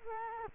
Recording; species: mosquito wingbeat signal from an infrared sensor; Culex quinquefasciatus